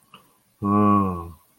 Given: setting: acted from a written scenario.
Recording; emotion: vocal sound without words; pride